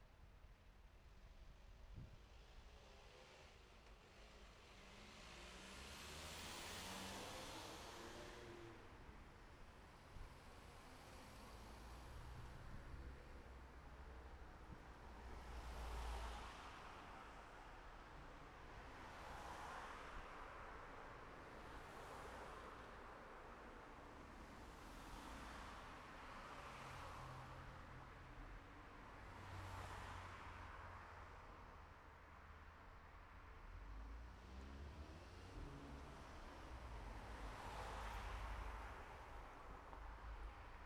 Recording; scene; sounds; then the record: everyday scene through a hearing-aid microphone; in traffic; traffic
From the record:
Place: city secondary road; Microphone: behind the ear, left, rear